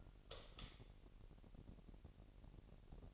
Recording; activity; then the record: daily activity, microphone in the room; light on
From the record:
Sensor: 4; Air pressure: 1002.8 hPa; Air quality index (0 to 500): 250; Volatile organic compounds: 12 ppm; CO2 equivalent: 2367 ppm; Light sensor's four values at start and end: 6/14/6/6 and 7/16/6/7